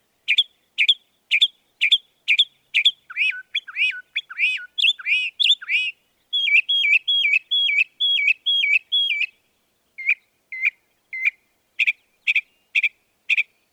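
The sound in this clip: Northern mockingbird song: sharp chips repeated about twice a second, then varied slurred notes, a run of repeated whistled phrases, and further spaced chips.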